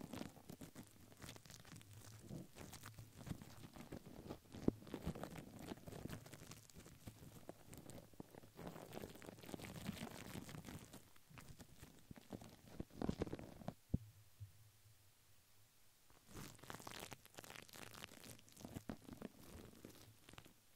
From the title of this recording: Crinkles, Plastic, Brush, Silicone, Glass, Paper